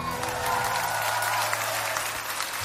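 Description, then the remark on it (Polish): A crowd applauds steadily, a dense wash of many hands clapping at an even, fairly loud level throughout, with a faint low hum underneath and no voices. “W Opolu pewnie oklaski, tak się spodziewam. U nas na liście też.”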